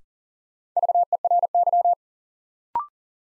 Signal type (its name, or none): Morse code